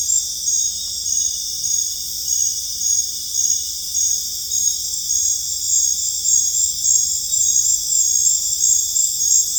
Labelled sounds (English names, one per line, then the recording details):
none
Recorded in dense forest near Puerto Asís, Putumayo, Colombia, on 26 December 2024 at 20:30
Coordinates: 0.484, -76.325
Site G056